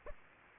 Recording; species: mosquito wingbeat signal from an infrared sensor; Aedes aegypti